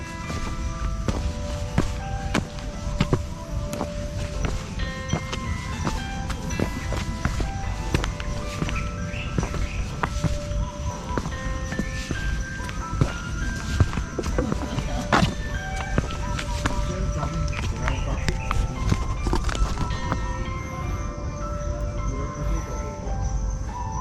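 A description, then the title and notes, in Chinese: A morning walk through wooded hills, with birds singing and calling steadily throughout, their clear whistles and chirps overlapping at middle and high pitches. Footsteps crunch at a regular pace over a low, constant outdoor rumble, with faint voices at times. 台南ASMR環境音。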